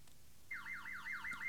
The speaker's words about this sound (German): Was ist das denn? Hören Sie das? 18.02 Uhr. Beim Zumachen sind Sie pünktlich. Der Juwelier nebenan. Er lässt das Rollgitter runter. Gleich prüft er die Alarmanlage.